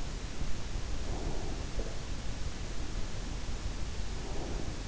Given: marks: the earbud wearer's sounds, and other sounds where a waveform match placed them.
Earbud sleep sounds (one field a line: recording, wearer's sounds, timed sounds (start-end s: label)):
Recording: sounds in sleep by an in-ear microphone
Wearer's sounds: breath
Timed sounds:
1.11-2.00 s: breath
4.15-4.79 s: breath